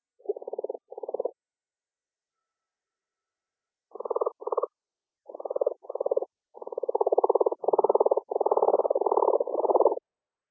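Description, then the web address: Brown's leopard frog calling, a series of low pulsed croaking bursts, short at first then longer runs of rapid chuckling pulses, with pauses between. "Lithobates brownorum"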